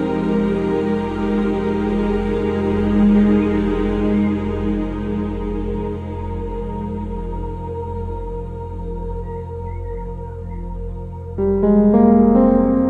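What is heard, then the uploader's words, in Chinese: Piano chords ring out and sustain, a full, warm low register holding steady for most of the clip. Faint bird chirps flicker briefly in the background around the tenth second. Near the end a new, brighter chord is struck and rings on. 鸟鸣+钢琴。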